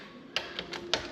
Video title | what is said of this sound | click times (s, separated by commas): Talvirenkaita autoon ja hapanneen kiinnikkeen hitsaamista | and then when it's tightened, it snaps into place. | 0.4 s, 0.9 s